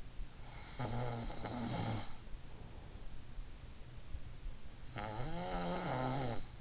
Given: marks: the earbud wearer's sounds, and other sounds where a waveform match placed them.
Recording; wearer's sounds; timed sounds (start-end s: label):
sounds in sleep by an in-ear microphone; snoring breath
0.70-2.32 s: snoring breath
4.82-6.61 s: snoring breath